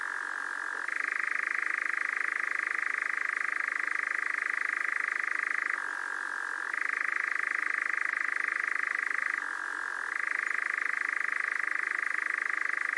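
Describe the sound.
Nightjar churr: an unbroken, fast, purring trill, alternating between a higher main pitch and short lower-pitched stretches three times.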